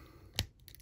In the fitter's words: You can hear it click there.